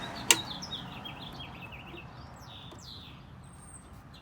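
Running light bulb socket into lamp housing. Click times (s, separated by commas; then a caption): 0.3 s. The daytime running light bulb socket of a 2004 Chevy Silverado, holding its new LED bulb, is put back into the plastic lamp housing and twisted until it locks. A single sharp click sounds at 0.3 s, over a quiet background with faint bird-like chirps. The socket is seated.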